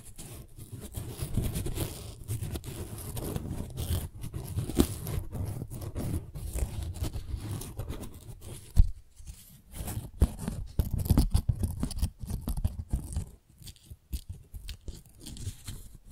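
Tingly flower sounds: dense, crackling handling noise with crisp crunches and snips, heaviest in the low end with sharp bright flicks on top. Activity runs steadily for the first nine seconds, pauses briefly, then resumes in choppier bursts with short gaps.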